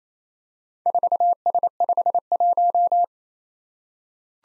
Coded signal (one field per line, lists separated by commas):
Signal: Morse code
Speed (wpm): 29 wpm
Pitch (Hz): 700 Hz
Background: none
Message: 4S51